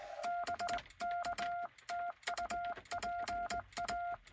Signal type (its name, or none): Morse code